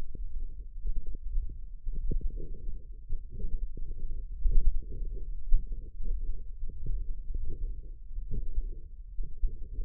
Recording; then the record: forearm muscle sounds (acoustic myography)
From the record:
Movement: ulnar deviation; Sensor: system 1, eight BSWA MPA416 microphones around the upper forearm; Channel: 6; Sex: female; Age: 21 years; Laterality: right